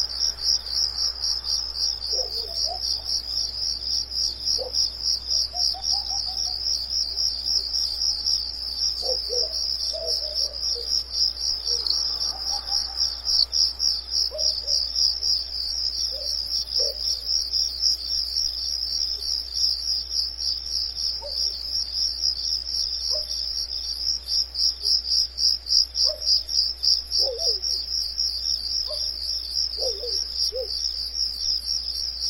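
Crickets chirp through the night without pause, a dense, bright, pulsing trill that holds steady for the whole stretch. Beneath it, faint scattered calls come and go, and a low constant hum sits underneath.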